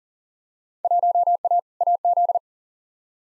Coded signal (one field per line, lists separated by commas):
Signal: Morse code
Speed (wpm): 40 wpm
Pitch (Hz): 700 Hz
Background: none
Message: 1A AZ